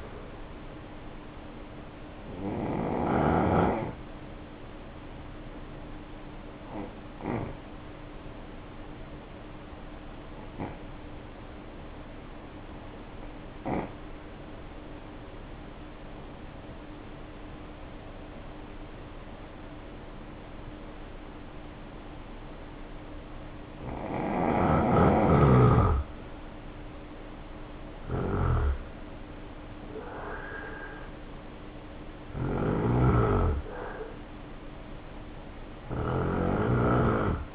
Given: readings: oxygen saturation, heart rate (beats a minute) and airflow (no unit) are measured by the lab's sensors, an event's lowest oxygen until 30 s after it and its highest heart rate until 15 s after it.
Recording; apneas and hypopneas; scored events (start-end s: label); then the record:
breathing in sleep by a voice recorder at the bedside; 1
8.00-28.70 s: hypopnea (N2, oxygen 92% highest, then 82% lowest, heart rate 60 at the start, 67 highest)
From the record:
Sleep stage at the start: N2 (light sleep); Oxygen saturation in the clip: 79 to 93%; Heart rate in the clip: 54 to 67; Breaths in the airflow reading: 10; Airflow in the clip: -2.2 to 1.9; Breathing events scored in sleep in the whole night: 520 in 7.2 hours asleep